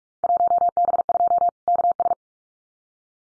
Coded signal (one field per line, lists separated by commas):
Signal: Morse code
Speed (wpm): 44 wpm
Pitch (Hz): 700 Hz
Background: none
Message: 1B2 KS